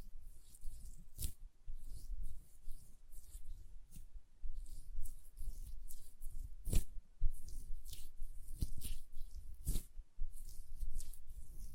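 Hand sounds for ASMR: soft, hissy rubbing and brushing strokes come in quick, uneven bursts throughout. Sharp, bright taps from nails cut through now and then, most clearly near 1, 7 and 10 seconds, over a faint low rumble.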